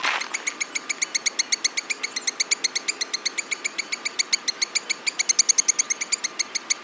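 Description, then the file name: Black-necked stilt calls: sharp, high yapping notes repeated rapidly and evenly throughout. "Himantopus mexicanus - Black-necked Stilt"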